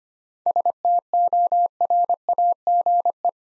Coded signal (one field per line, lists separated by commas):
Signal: Morse code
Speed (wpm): 25 wpm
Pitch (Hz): 700 Hz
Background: none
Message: STORAGE